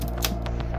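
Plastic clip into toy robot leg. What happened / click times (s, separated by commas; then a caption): The plastic clip snapped into place / 0.2 s. A fold-out plastic clip on a Power Rangers Jungle Fury Megazord toy robot is pushed so it tabs into place inside the toy's leg. Several small plastic clicks and taps are heard over a steady low hum, with the sharpest, loudest click at 0.2 s. The clip is seated.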